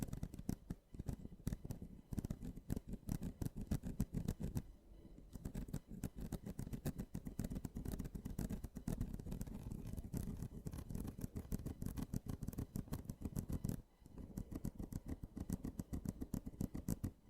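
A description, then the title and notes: Mini scratching runs almost without pause: rapid, dense scraping strokes with a rough, low-heavy grit and crackly upper edges. The rhythm is fast and uneven, with brief lulls near 5 seconds and again around 14 seconds before the scratching resumes. ASMR Mini Scratching (NO TALKING).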